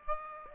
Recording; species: mosquito wingbeat signal from an infrared sensor; Aedes aegypti